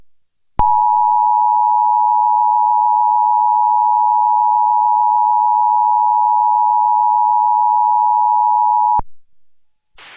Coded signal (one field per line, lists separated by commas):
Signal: Emergency Alert System (SAME) tones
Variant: 853 and 960 Hz attention tone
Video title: (EAS Mock): BSOD Warning v2